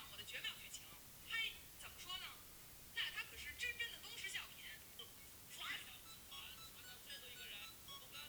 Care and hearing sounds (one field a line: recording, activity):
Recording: daily activity, guitar pickup as the sensor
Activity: browse video